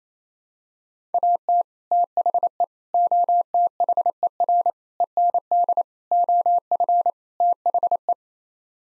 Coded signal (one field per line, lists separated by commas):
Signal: Morse code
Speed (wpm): 27 wpm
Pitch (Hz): 700 Hz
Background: none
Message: AT THE OTHER END OF THE